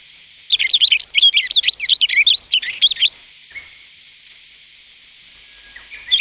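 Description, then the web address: Rustic bunting song: one rapid, sweet, warbling phrase of about two and a half seconds, followed by faint quiet notes. "sikioto birds kashiradaka"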